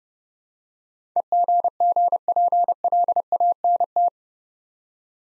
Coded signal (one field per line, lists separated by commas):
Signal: Morse code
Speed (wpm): 30 wpm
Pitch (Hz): 700 Hz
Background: none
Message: EGGPLANT